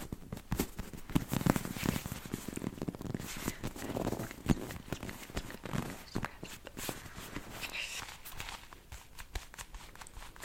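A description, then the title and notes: Irregular tapping and gripping sounds crowd together, busiest in the first five seconds, with sharp clicks over soft rustling. ASMR Unpredictable Grasping, Gripping, Tapping Triggers.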